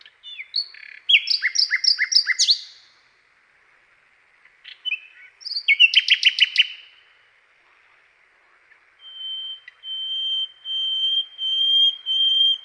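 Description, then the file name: Common nightingale singing varied phrases of fast repeated chirps and rattling notes, separated by pauses, then a run of clear piping whistles growing louder. "SLOWIKRDZAWY"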